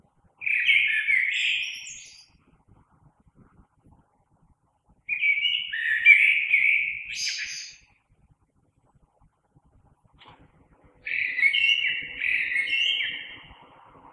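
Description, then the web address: Common blackbird song: three mellow warbled phrases separated by pauses of a few seconds, the first two ending in a higher twitter. Recorded 3 March 2020. "oiseaux Merle 2020 03 03"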